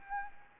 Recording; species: mosquito wingbeat signal from an infrared sensor; Anopheles gambiae